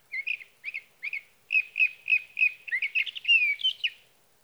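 Sage thrasher song opening with three spaced chirps, then speeding into a steady stream of repeated warbled notes and slurred whistles.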